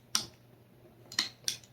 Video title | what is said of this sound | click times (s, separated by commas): Best Angle Grinder Makita DeWALT Milwaukee | and then you can just rotate it and it'll click in place very easy | 0.2 s, 1.5 s